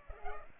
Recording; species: mosquito wingbeat signal from an infrared sensor; Culex pipiens